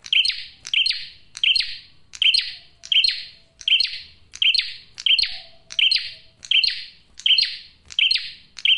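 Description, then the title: Prinia singing a fast run of sharp, buzzy chirps, with a faint thin whine in the background. Male prenjak singing loud, clear and continuous, for use as a lure (pikat) and to draw in females. "Masteran Duet Cililin Vs Kapas Tembak. PRENJAK JANTAN GACOR SUARA JERNIH, RAPET. " COCOK UNTUK PIKAT MAUPUN PANCINGAN BETINA ""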